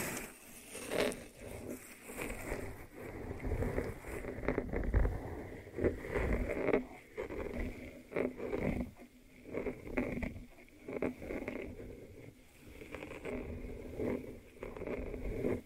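An ASMR ear treatment of continuous scratching and rustling, swelling and fading in uneven bursts every second or so. Low rumbling sits underneath, and brief sharper clicks and taps stand out now and then, with no pauses throughout.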